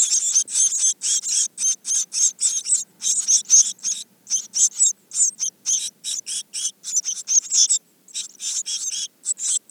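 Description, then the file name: Eurasian blue tit churring steadily, dense runs of harsh high buzzy notes repeated rapidly for nearly ten seconds with only brief pauses. "Cyanistes caeruleus"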